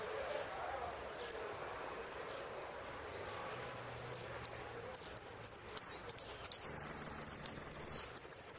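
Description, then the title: Saffron finch: sparse high chips that come faster and faster, building into sweeping notes and a rapid, buzzy trill. "Jilguero Argentino"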